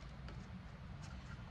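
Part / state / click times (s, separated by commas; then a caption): plastic throne part into the other triangle socket of the throne base / not seated / none. A plastic throne piece for a Mattel New Eternia Skeletor throne is handled near the other triangle socket of the throne base, with a steady low rumble, soft handling noise and a brief tap at 0.3 s. Nothing has seated or clicked yet.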